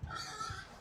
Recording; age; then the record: pig call; growing-finishing pig (85 days or more)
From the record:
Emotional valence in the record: positive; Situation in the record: run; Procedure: transit